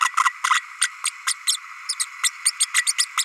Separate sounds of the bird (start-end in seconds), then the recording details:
0.01-0.09, 0.23-0.32, 0.43-0.61, 0.81-0.88, 1.05-1.12, 1.26-1.34, 1.47-1.57, 1.89-1.94, 1.99-2.06, 2.23-2.30, 2.45-2.52, 2.60-2.66, 2.73-2.82, 2.86-2.93, 2.98-3.06, 3.17-3.24. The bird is a female. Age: 32 days. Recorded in a nest box in Venezuela. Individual 17B32A5